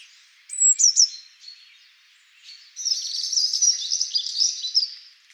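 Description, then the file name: Eurasian blue tit gives a few high thin notes, then a longer buzzy churr lasting over two seconds. "Cyanistes caeruleus"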